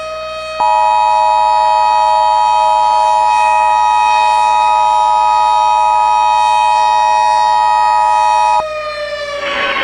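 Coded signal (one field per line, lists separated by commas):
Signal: Emergency Alert System (SAME) tones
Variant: 853 and 960 Hz attention tone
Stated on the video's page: Mock EAS activation for a Detroit tornado, deliberately botched, with an added siren sound and a song.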